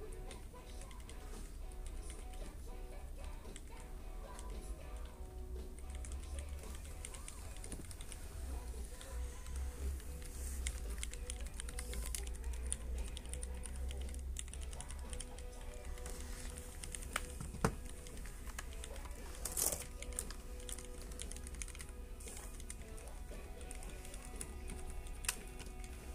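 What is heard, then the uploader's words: Typing on a keyboard, a steady stream of small clicking taps over a constant low hum that fills the whole 26 seconds. The pace stays fairly even, with a few sharper, louder clicks standing out, notably around 17 and 20 seconds. Ufa keebmeet 2019 Let's split typing demo 290 CPM.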